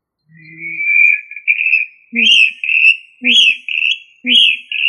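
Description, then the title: Rail giving a long whistled note, then several two-part whistled calls roughly once a second, each a sharp start followed by a sustained tone. "LuckyFamilia RallidaeFrangoSama"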